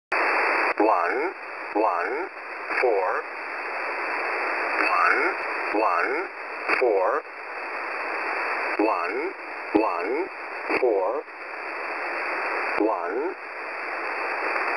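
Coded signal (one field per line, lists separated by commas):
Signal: numbers station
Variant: E07a English Man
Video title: E07a English Man 11153kHz 0800 UTC 05/09/2020 - 99 Group Message!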